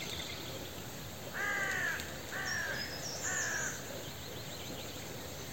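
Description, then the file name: Carrion crow calling three rasping caws in quick succession, about one second apart, over a hissy background with thin, high bird twitters. "Corvus corone"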